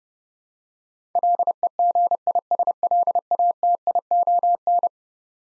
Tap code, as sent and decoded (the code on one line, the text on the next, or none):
none